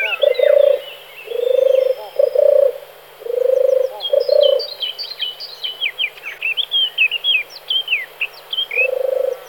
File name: hrdlička-divoká